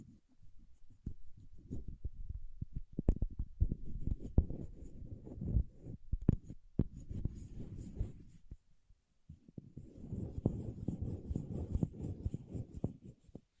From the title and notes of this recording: ASMR Paraffin Wax Peeling, Tapping and Scratching (No Talking).